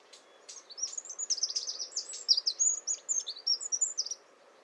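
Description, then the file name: Eurasian wren song, a fast, high-pitched stream of bright trills and chattering notes that runs on without pause for several seconds. "Troglodytes troglodytes"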